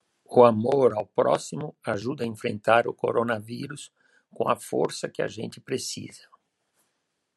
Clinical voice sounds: spoken sentence; Brazilian Portuguese; female; 70 to 79 years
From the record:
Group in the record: control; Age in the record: 70 years

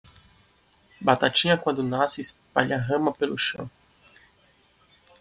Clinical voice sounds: short text; Brazilian Portuguese; male; 20 to 29 years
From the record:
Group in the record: control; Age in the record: 24 years

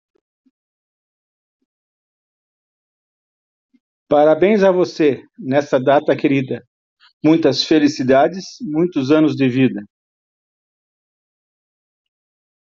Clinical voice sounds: short text; Brazilian Portuguese; male; 50 to 59 years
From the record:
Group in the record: control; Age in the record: 56 years

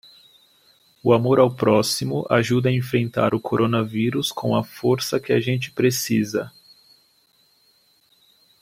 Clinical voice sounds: spoken sentence; Brazilian Portuguese; male; 20 to 29 years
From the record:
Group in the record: control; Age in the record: 24 years

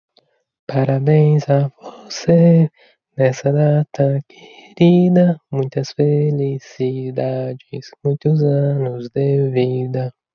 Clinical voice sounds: short text; Brazilian Portuguese; female; 20 to 29 years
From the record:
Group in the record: control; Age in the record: 29 years

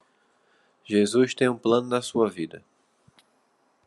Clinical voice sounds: short text; Brazilian Portuguese; male; 30 to 39 years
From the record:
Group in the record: control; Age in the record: 35 years

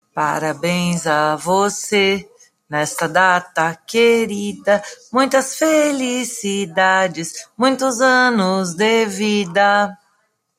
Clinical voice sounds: short text; Brazilian Portuguese; female; 50 to 59 years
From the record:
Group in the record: control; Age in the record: 58 years

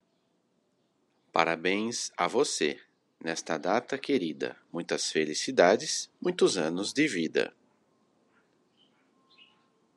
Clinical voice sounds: short text; Brazilian Portuguese; male; 40 to 49 years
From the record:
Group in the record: control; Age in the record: 43 years

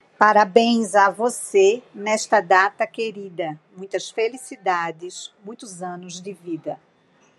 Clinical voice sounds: short text; Brazilian Portuguese; female; 40 to 49 years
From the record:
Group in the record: control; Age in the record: 46 years

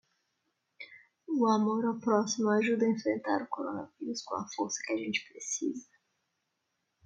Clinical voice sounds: spoken sentence; Brazilian Portuguese; female; 30 to 39 years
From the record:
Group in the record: control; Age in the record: 39 years

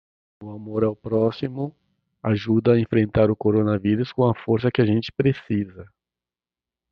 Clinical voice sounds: spoken sentence; Brazilian Portuguese; male; 50 to 59 years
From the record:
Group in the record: control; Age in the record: 59 years

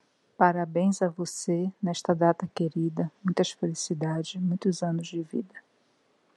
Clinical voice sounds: short text; Brazilian Portuguese; female; 60 to 69 years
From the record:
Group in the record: control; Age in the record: 62 years

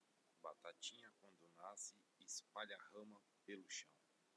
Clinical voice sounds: short text; Brazilian Portuguese; male; 40 to 49 years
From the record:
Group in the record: control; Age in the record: 41 years

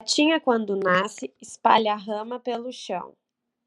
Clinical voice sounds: short text; Brazilian Portuguese; female; 20 to 29 years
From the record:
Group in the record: control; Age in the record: 24 years

